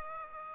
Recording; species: mosquito wingbeat signal from an infrared sensor; Aedes aegypti